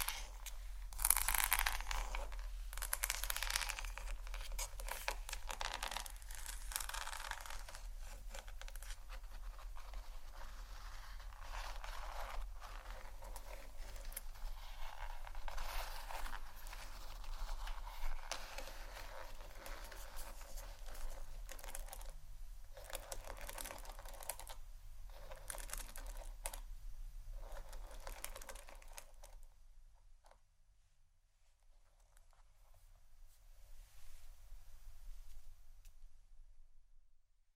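Hair brushing and combing makes a dense, steady rustle of fine bristle scrapes for about thirty seconds, with brief gaps near 22, 25 and 27 seconds. A low hum runs underneath throughout. Around 30 seconds the strokes drop away, leaving quieter, sparse scratching to the end.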